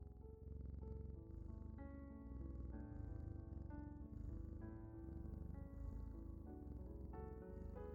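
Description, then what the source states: Domestic cat purring softly and evenly in a low vibrating drone, backed by quiet relaxing music tones. Cat purring at the end of a guided relaxation meditation, mixed with calming music, for drifting off to sleep.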